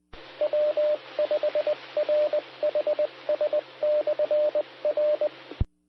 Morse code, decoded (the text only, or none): W5RHS/R